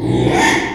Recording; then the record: squeal of a Yucatan mini pig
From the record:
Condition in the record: after surgery on the right vocal fold (resection and tissue-engineered implant); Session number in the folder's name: 3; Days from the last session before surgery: 33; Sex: male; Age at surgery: 12 weeks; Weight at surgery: 13 kg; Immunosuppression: cyclosporine, prednisolone